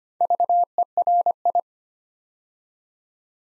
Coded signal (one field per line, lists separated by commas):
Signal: Morse code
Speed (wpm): 25 wpm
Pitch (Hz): 700 Hz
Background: none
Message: VERI